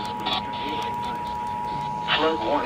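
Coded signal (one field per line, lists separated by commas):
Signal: Emergency Alert System (SAME) tones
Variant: 853 and 960 Hz attention tone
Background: speech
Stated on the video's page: Flood statement alerts received on four stations.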